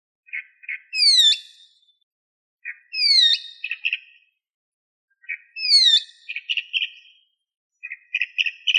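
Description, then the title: Bird song: a phrase of short notes, a loud falling whistle and a buzzy chatter, repeated about every two and a half seconds in near silence. "LuckyPassaros CompletosSama"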